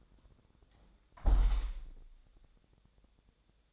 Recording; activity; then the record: daily activity, microphone in the room; close window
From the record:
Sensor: 3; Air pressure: 1000.4 hPa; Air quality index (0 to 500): 139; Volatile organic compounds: 2 ppm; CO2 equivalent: 1208 ppm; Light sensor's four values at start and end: 13/35/14/15 and 13/35/14/15